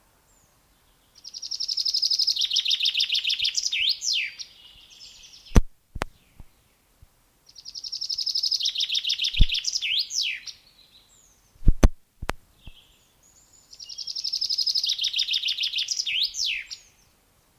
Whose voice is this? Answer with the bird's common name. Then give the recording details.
Common Chaffinch. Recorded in the wild. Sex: male. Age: adult. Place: Waischenfeld, Bayern, DE. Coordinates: 49.8417, 11.3228. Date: 1962-06-10. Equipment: Stellavox SM 5, Original, Vollspur. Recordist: Tretzel, Erwin. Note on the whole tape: Waischenfeld, Heroldsberg. Männchen: Gesang (verschiedene Schläge)